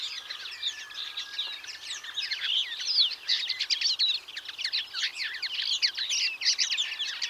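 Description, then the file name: European greenfinch flock calls, a dense continuous twittering of overlapping chirps and trills, with a faint steady thin tone running through the opening seconds. "Chloris chloris"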